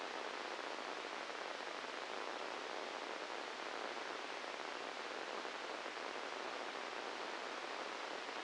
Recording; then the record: brain microelectrode recording played as sound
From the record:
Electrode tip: inside the subthalamic nucleus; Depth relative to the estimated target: 2 mm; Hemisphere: right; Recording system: NeuroSet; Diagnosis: Parkinson's disease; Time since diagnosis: 15 years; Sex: female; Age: 59 years